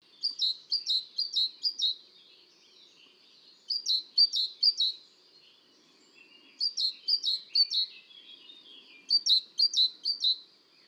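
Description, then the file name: Bird song, four bursts of several high chirped notes, each one to two seconds long, separated by pauses of one to two seconds against a quiet background. "chant"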